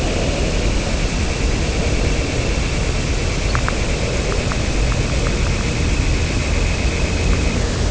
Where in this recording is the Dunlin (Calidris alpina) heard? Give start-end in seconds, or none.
0.00-7.62